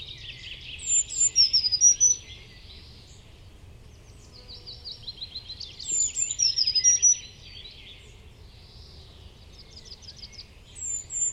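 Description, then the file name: Eurasian blue tit calling in several bursts of high thin notes and buzzy trilled phrases. "Cyanistes caeruleus"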